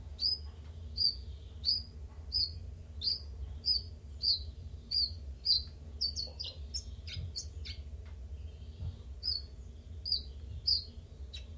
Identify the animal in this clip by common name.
Common Chiffchaff